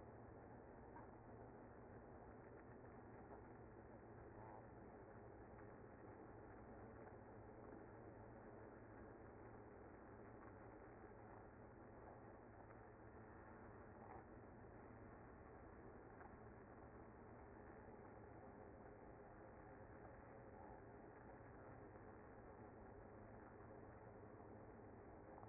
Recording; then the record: honeybee colony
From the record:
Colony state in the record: active